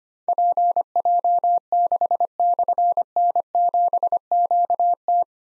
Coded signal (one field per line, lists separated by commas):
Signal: Morse code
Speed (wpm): 25 wpm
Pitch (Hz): 700 Hz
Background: none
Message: PJ6/N7QT